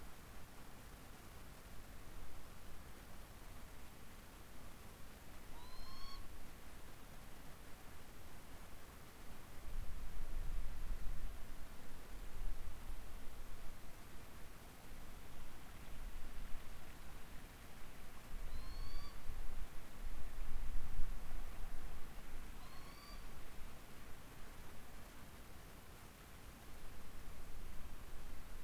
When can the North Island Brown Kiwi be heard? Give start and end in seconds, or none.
none